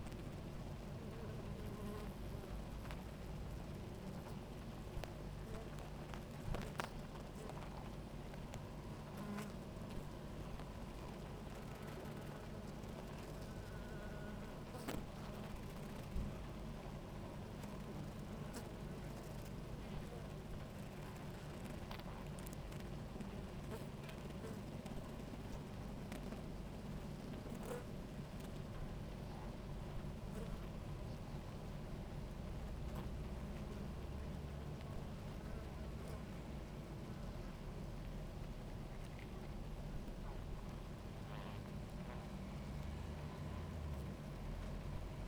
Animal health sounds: honeybee colony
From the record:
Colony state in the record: active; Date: 28 July 2017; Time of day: 17:26

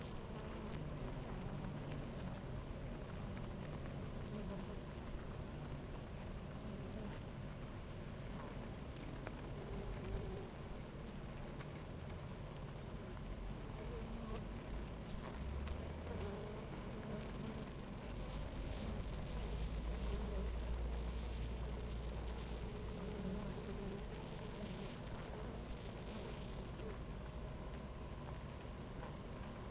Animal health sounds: honeybee colony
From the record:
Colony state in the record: active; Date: 28 July 2017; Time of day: 11:50

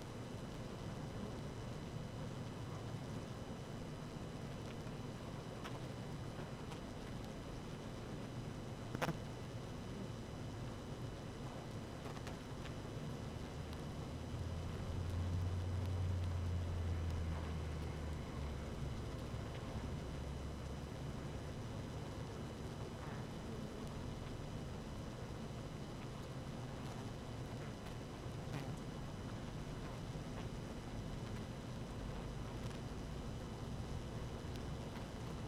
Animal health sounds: honeybee colony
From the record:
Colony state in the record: active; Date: 12 June 2018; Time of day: 18:07

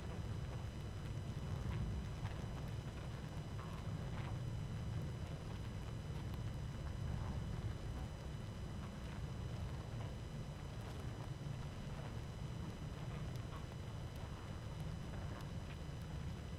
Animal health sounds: honeybee colony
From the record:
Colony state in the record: active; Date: 12 June 2018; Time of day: 19:15

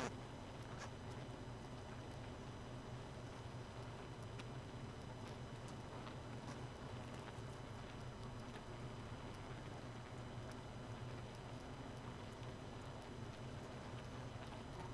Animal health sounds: honeybee colony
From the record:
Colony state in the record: missing queen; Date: 31 May 2018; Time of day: 0:55

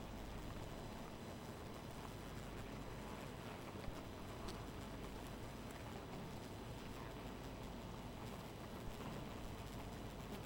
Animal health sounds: honeybee colony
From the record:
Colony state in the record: missing queen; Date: 14 July 2017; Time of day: 2:07

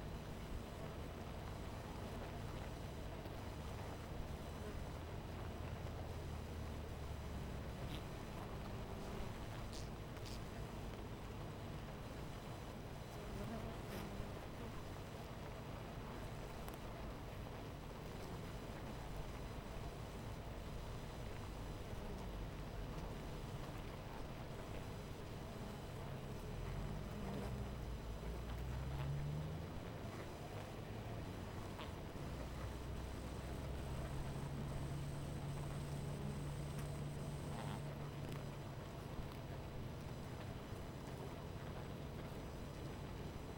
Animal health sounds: honeybee colony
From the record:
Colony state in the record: missing queen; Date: 14 July 2017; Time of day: 12:22

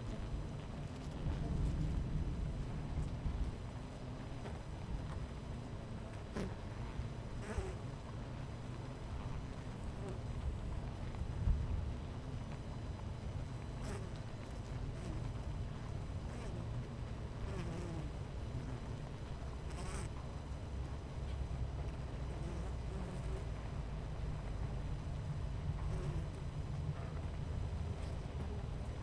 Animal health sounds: honeybee colony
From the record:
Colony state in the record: missing queen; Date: 14 July 2017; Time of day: 11:01

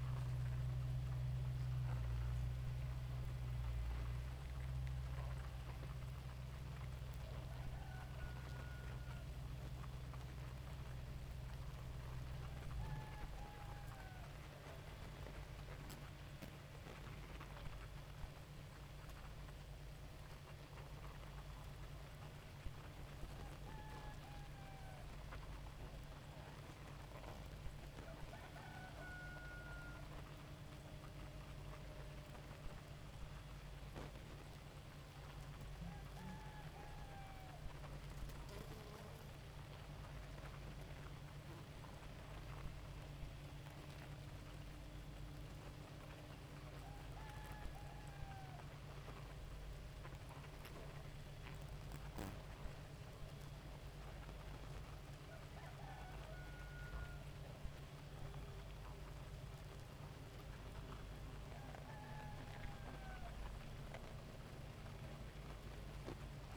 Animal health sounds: honeybee colony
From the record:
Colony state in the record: active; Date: 28 July 2017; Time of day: 2:40

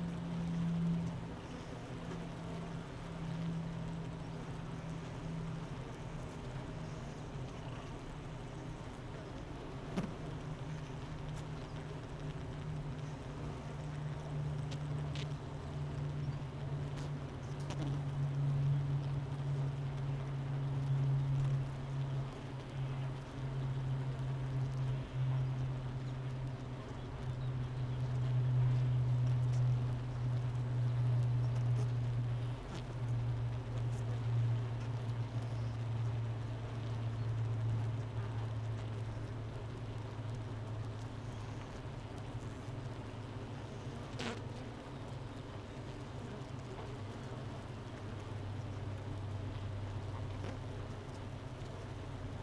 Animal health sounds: honeybee colony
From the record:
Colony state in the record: missing queen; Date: 31 May 2018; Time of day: 9:41

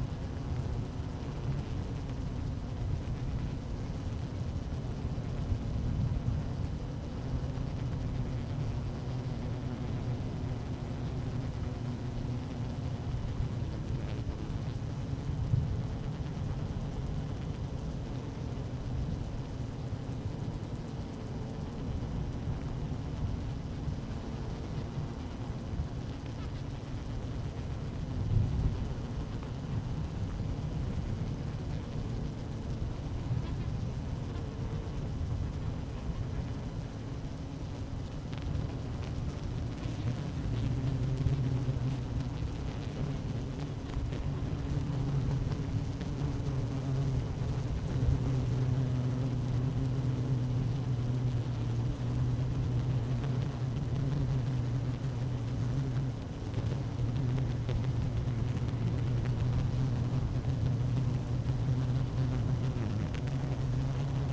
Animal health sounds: honeybee colony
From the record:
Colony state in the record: active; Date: 12 June 2018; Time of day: 12:07

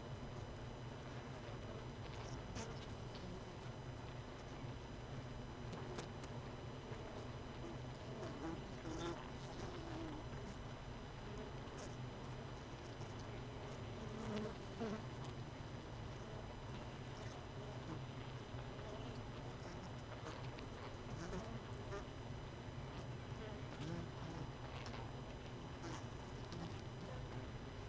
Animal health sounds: honeybee colony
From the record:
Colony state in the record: missing queen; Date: 31 May 2018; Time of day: 18:14

